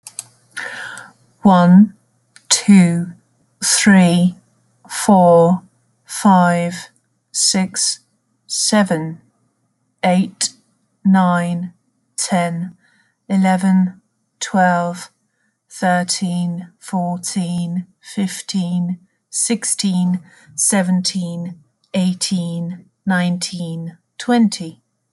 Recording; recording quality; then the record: counting at a normal pace; excellent, no background noise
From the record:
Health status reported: respiratory illness, not identified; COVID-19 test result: negative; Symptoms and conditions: cough, asthma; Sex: female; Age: 46 years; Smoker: not ticked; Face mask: not worn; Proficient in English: yes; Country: France